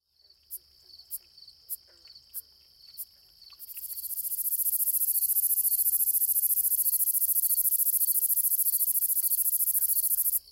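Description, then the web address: Gladiator meadow katydid song: a few short ticks, then a long, loud, continuous high buzzy trill lasting about seven seconds before stopping abruptly. "The Songs of Insects. Gladiator Meadow Katydid"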